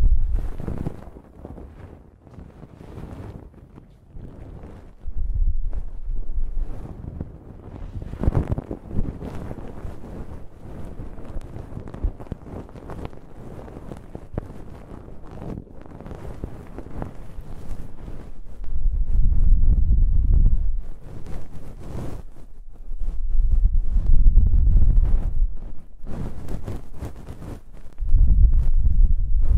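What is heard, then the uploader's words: Ear cleaning and blowing: gusts of air hit the microphone as low, buffeting rumbles, with strong bursts near 8 seconds and longer ones around 19–21, 24–26 and the last two seconds. Between gusts there is a softer rustling hiss with scattered faint crackles and scratches. ASMR Ear Cleaning and Blowing (No Talking).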